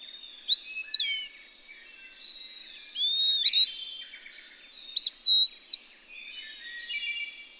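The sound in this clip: Bird gives three whistled song phrases, the first and last bright and slurred, the middle softer, set against a steady high-pitched background tone.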